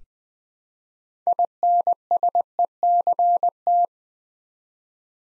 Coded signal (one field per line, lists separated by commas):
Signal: Morse code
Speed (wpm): 20 wpm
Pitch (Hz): 700 Hz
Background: none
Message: INSECT